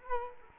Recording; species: mosquito wingbeat signal from an infrared sensor; Culex quinquefasciatus